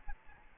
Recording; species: mosquito wingbeat signal from an infrared sensor; Aedes albopictus